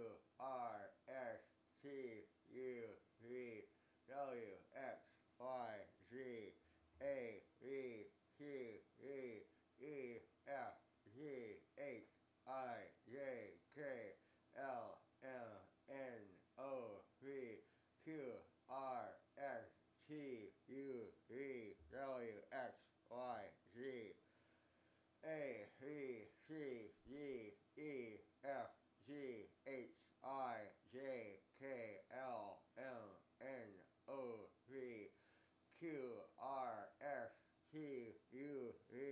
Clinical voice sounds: letters of the alphabet, spoken; constrained by a bite bar between the teeth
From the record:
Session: first day, right after the free take

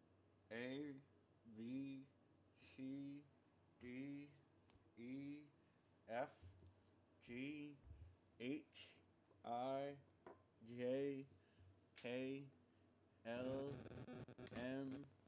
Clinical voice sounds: letters of the alphabet, spoken; constrained by a bite bar between the teeth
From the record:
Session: first day, right after the free take

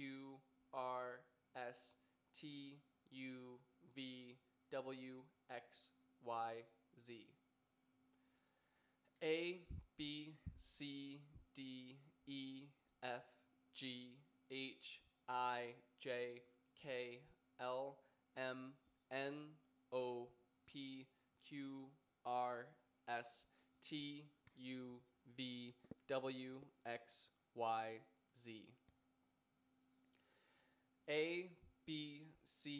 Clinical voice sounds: letters of the alphabet, spoken; free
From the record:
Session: first day, before the bite bar

